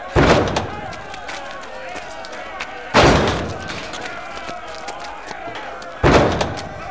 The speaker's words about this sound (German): Einige haben Rammböcke. Damit wollen sie das Tor kaputt machen. Was? So ein Rambock ist ein Holzstamm mit einer Spitze aus Eisen, die wie der Kopf von einem Schafbock aussieht, mit Hörnern.